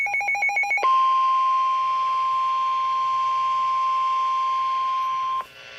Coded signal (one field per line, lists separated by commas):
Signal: Emergency Alert System (SAME) tones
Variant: 1050 Hz attention tone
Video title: Special Marine Warning - EAS #15